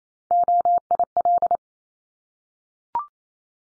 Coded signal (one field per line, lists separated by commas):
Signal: Morse code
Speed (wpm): 28 wpm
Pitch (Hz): 700 Hz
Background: none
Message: OIL